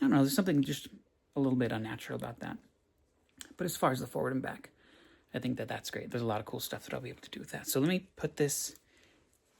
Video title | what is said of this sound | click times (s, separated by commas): Review of Tiffany Stratton action figure from WWE Ultimate Edition! Mattel 2025 | head back on, and it doesn't snap on. You heard that? | none